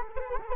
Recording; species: mosquito wingbeat signal from an infrared sensor; Culex quinquefasciatus